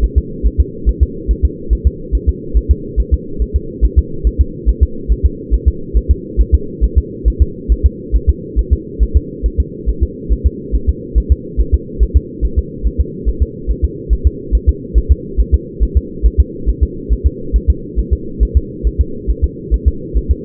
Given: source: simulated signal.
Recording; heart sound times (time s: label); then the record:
fetal heart sounds
0.04 s: S1
0.18 s: S2
0.46 s: S1
0.60 s: S2
0.89 s: S1
1.03 s: S2
1.31 s: S1
1.45 s: S2
1.73 s: S1
1.87 s: S2
2.15 s: S1
2.29 s: S2
2.57 s: S1
2.71 s: S2
3.00 s: S1
3.14 s: S2
3.42 s: S1
3.56 s: S2
3.85 s: S1
3.98 s: S2
4.27 s: S1
4.41 s: S2
4.69 s: S1
4.83 s: S2
5.12 s: S1
5.25 s: S2
5.54 s: S1
5.68 s: S2
5.97 s: S1
6.11 s: S2
6.41 s: S1
6.54 s: S2
6.84 s: S1
6.98 s: S2
7.28 s: S1
7.42 s: S2
7.72 s: S1
7.86 s: S2
8.16 s: S1
8.29 s: S2
8.59 s: S1
8.73 s: S2
9.03 s: S1
9.17 s: S2
9.46 s: S1
9.60 s: S2
9.89 s: S1
10.03 s: S2
10.32 s: S1
10.46 s: S2
10.75 s: S1
10.89 s: S2
11.18 s: S1
11.32 s: S2
11.60 s: S1
11.74 s: S2
12.03 s: S1
12.16 s: S2
12.45 s: S1
12.59 s: S2
12.87 s: S1
13.01 s: S2
13.29 s: S1
13.42 s: S2
13.71 s: S1
13.85 s: S2
14.13 s: S1
14.27 s: S2
14.55 s: S1
14.69 s: S2
14.98 s: S1
15.12 s: S2
15.40 s: S1
15.54 s: S2
15.83 s: S1
15.97 s: S2
16.26 s: S1
16.40 s: S2
16.69 s: S1
16.83 s: S2
17.12 s: S1
17.27 s: S2
17.56 s: S1
17.70 s: S2
17.99 s: S1
18.13 s: S2
18.43 s: S1
18.57 s: S2
18.87 s: S1
19.01 s: S2
19.30 s: S1
19.44 s: S2
19.74 s: S1
19.88 s: S2
20.17 s: S1
20.31 s: S2
From the record:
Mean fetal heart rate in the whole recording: 140 bpm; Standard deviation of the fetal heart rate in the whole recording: 2 bpm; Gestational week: 34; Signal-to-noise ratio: -4.3 dB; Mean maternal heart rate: 72 bpm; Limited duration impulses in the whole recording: absent